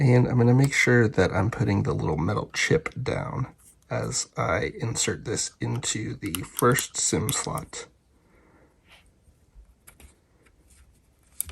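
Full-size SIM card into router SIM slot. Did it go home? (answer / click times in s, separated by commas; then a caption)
no / none. A full-size SIM card is pushed, metal chip down, into the first SIM slot of a Pepwave Max Transit Pro E mobile router. Someone talks for the first eight seconds, then faint handling sounds and small ticks are heard near 9.9, 10.0 and 10.5 seconds, with a sharper tick at 11.4 seconds. The card has not seated or clicked into the slot yet.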